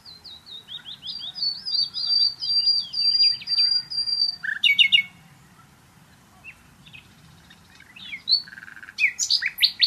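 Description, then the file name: Common nightingale song starting with a fast run of high, rising-falling notes. A sudden loud chattering burst follows, then quieter scattered notes and a final harsh flurry. "Luscinia megarhynchos"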